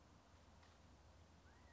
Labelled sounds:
California Quail
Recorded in Sonoma County, California

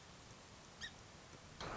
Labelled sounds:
Song Sparrow
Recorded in Sonoma County, California

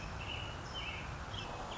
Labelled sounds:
American Robin
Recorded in Sonoma County, California

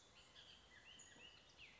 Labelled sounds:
Bullock's Oriole
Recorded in Sonoma County, California

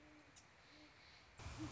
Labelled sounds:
Great Horned Owl
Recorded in Sonoma County, California

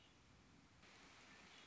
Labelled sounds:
Red-winged Blackbird
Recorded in Sonoma County, California

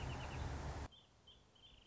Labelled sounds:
Wrentit
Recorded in Sonoma County, California

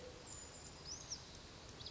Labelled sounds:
Brown Creeper
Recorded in Sonoma County, California

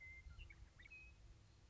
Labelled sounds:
Western Meadowlark
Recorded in Sonoma County, California

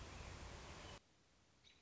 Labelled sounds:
American Robin
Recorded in Sonoma County, California

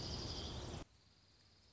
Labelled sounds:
Dark-eyed Junco
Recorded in Sonoma County, California

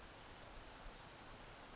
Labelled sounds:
Western Flycatcher
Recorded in Sonoma County, California

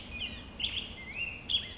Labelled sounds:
Black-headed Grosbeak
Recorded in Sonoma County, California

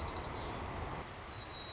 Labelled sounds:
White-crowned Sparrow
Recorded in Sonoma County, California

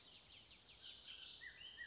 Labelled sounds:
Bullock's Oriole
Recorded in Sonoma County, California

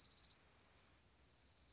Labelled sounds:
Dark-eyed Junco
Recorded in Sonoma County, California

